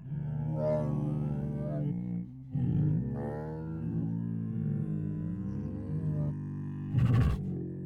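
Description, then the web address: Tiger groans, a run of rough low moaning rumbles with short breaks and a sharp breathy huff near the end. Hungry tiger groans, huffs, moans and snores. "Sound Ideas Tigers Sound Effects Hungry Groans, Huffs, Moans and Snores"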